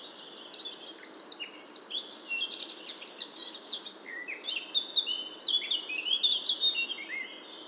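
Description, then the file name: Eurasian blackcap song, a busy jumble of scratchy twitters swelling into louder, clearer fluty whistles in the second half, over a steady hiss. "Sylvia atricapilla"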